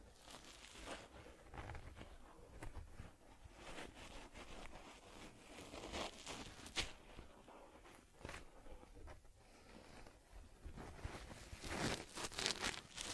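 Brushing and rubbing on a teddy bear's fur, a continuous run of soft scratchy strokes with short bright swishes every second or so. A louder, rougher burst of scraping comes near the end, around twelve seconds, then eases off.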